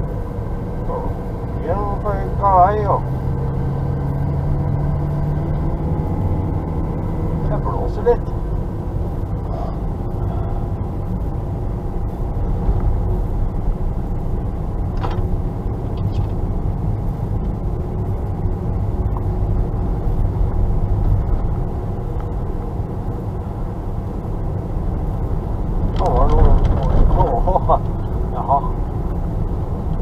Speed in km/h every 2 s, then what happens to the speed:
31, 35, 38, 39, 40, 41, 42, 42, 42, 42, 42, 43, 44, 43, 43.
0-6 speeds up to 39. 6-30 steady at about 42.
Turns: none.